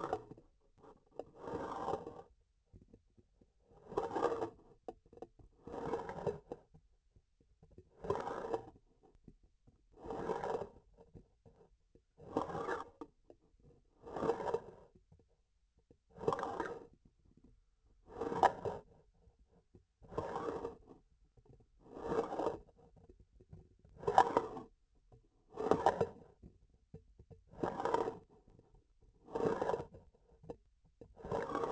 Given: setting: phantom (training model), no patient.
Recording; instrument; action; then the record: laparoscopic instrument, vibration sensor on the handle end; grasping forceps; approaching and retracting movements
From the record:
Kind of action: spatial motion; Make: Olympus